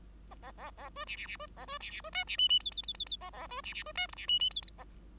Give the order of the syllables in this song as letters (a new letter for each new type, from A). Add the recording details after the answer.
A A A B C C C B A B C C B D C E E F F F F F A A B C C B D G C E E F F A. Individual Bird5